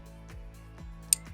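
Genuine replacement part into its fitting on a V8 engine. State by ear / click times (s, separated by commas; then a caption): seated / 1.1 s. During reassembly of the timing gear on a Discovery 4 V8 engine, a genuine replacement part is pushed into its fitting and gives one sharp, bright click at 1.1 s, unlike a cheaper copy part that does not click at all. Before the click there is a steady low hum with softer sweeping tones around 0.3 s and 0.8 s. The part clicks into place and is seated.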